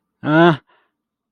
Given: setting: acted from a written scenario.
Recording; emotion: vocal sound without words; fear